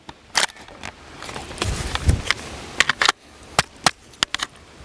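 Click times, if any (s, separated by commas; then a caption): none. A polymer PMAG-style magazine is pushed repeatedly into the magazine well of a Beretta ARX100 rifle, giving a series of sharp plastic clacks against the well. The magazine never locks in, and nothing has seated or clicked yet.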